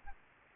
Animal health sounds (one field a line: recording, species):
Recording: mosquito wingbeat signal from an infrared sensor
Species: Aedes aegypti